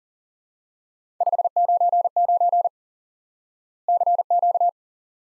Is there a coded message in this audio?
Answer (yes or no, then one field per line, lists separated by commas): yes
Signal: Morse code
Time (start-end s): 1.2-4.7 s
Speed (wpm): 40 wpm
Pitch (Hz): 700 Hz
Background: none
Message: 599 CQ